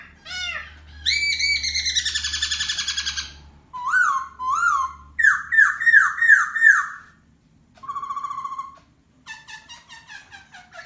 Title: Suara Poksai Hongkong Memukau Burung Yang Lain